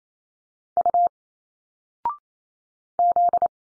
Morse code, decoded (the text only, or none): U Z